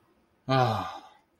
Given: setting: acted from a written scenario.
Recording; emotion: vocal sound without words; relief